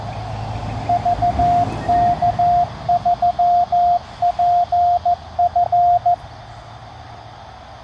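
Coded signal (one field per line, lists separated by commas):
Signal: Morse code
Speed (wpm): 15 wpm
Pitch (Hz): 700 Hz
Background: radio noise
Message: VK3PF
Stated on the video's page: QRP CW summit activation at 16 WPM on 7.033 MHz (40m), QCX-mini at 5W, random wire on telescopic mast; unsuccessful due to QSB fading and rain.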